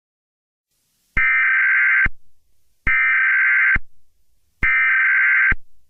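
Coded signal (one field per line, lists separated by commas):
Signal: Emergency Alert System (SAME) tones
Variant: header bursts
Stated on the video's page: Fictional EAS scenario.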